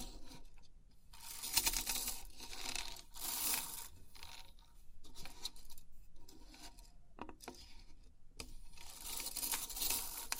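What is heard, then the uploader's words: 3D pin art being handled, with crisp, bright rattling bursts of many small metal pins shifting and settling. The bursts come in uneven waves of one to two seconds, separated by brief quieter gaps, with sharper clicks near 1.5, 7 and 8.5 seconds. Crisp 3D Pin Art Tingles(No Talking).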